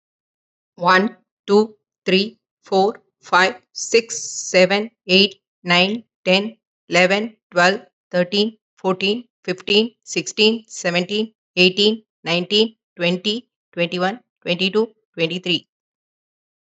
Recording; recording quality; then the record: counting at a normal pace; excellent, no background noise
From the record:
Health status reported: healthy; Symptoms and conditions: none ticked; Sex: female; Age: 52 years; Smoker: not ticked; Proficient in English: yes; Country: India